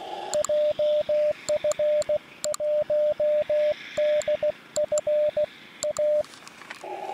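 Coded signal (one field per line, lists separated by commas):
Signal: Morse code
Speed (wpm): 15 wpm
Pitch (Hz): 600 Hz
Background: radio noise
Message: JF1DFA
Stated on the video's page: Beginner's CW contacts at 16 wpm, 10 W from an IC-705 into an RHM12 antenna, on a riverbank portable outing; five stations answered a CQ, with QSB fading.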